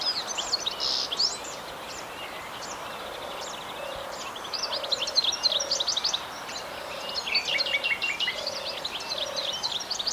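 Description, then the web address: European goldfinch song, a fast tinkling twitter of high, varied notes in bursts, with a lower repeated note every second or so and steady background hiss. "Jilguero europeo"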